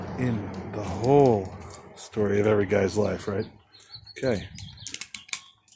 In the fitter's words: okay there we go you hear a ratchet and it's a nice positive click